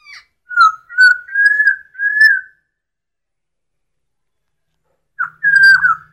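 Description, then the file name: Masked laughingthrush giving a few drawn-out, slightly rising whistled notes, then silence before a short whistled phrase over a low rumble. Song given during the dance display, described in Indonesian as suara tarian. "suara tarian poksay hongkong"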